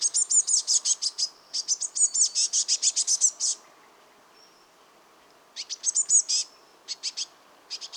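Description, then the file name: Eurasian blue tit giving bursts of rapid, very high chirping notes in quick trilled runs, pausing for about two seconds midway before resuming. "Cyanistes caeruleus"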